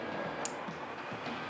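A crimped wire terminal, tab side up, is pushed into a cavity of a plastic automotive wiring connector housing. Over steady background noise, a single short, sharp click sounds at 0.5 s. The terminal has seated and locked in the connector.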